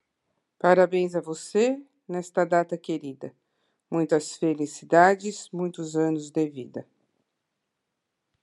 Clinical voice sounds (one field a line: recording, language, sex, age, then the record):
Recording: short text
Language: Brazilian Portuguese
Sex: female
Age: 60 to 69 years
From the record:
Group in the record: control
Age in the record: 62 years